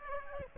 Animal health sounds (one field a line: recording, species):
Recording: mosquito wingbeat signal from an infrared sensor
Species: Aedes aegypti